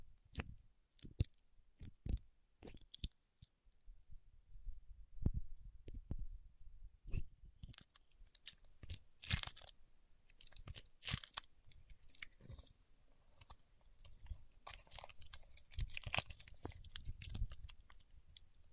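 Paraffin wax being tapped, peeled and scratched, starting as sparse, separate crisp taps and clicks in the first few seconds. After about seven seconds the sounds grow denser and rougher, with crunchy scraping and crackling peels, sometimes sharp and bright, over a low rumbling thud.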